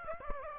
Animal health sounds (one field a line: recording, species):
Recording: mosquito wingbeat signal from an infrared sensor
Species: Aedes aegypti